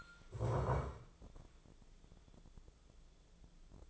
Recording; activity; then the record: daily activity, microphone in the room; stand up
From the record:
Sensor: 5